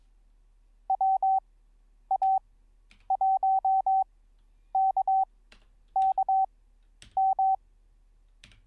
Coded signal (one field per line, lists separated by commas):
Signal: Morse code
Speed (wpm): 22 wpm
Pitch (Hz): 770 Hz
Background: none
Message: WA1KKM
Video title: How To Learn Morse Code LIVE with N0SSC (Day 25)